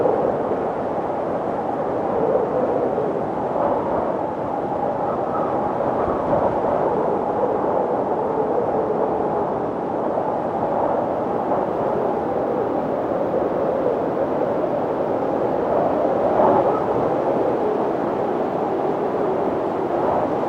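A winter windstorm roars without pause for the whole twenty seconds, a thick, steady rush weighted toward the low and middle range. The loudness barely shifts, with only slight swells around six, sixteen and twenty seconds, and no separate sounds break through.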